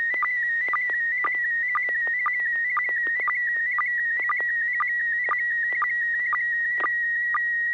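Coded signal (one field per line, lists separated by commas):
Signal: SSTV (slow-scan television)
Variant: PD120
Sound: warbling tone around 2 kHz with short low sync blips twice a second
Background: low steady hum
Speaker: we're going to be standing on pv-120 pt120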